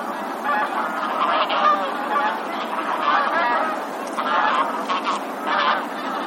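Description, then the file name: Bean goose flock calling, a constant mass of overlapping honks and cackles with swelling bursts. "hisikui"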